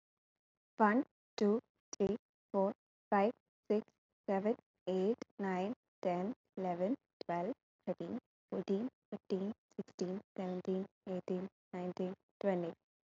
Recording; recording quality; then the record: counting at a normal pace; excellent, no background noise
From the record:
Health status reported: COVID-19 positive, no symptoms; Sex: female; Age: 23 years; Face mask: worn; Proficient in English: yes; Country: India